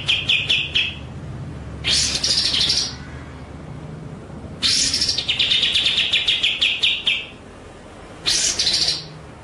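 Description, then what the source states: White-rumped shama song in bursts of quick repeated chips and louder high phrases, separated by short pauses. Masteran training track of rolling continuous song with sharp shooting notes (ngerol, nembak).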